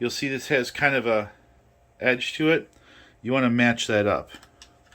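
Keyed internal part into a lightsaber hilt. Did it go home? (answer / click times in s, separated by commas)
no / none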